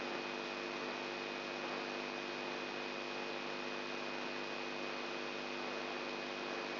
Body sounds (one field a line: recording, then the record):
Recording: brain microelectrode recording played as sound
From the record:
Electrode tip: outside the subthalamic nucleus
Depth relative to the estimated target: -4 mm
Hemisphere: left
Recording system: AlphaMap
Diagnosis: Parkinson's disease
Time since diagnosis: 11 years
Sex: male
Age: 67 years